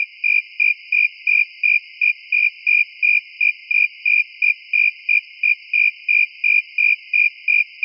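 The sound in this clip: Cricket giving a steady train of brief high chirps, about three each second, with a constant thin background tone.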